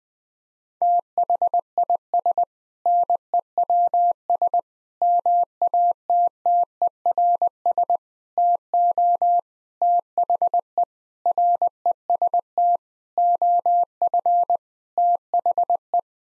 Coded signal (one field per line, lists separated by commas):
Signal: Morse code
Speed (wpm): 21 wpm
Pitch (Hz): 700 Hz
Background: none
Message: THIS NEWS MATTERS TO THE REST OF THE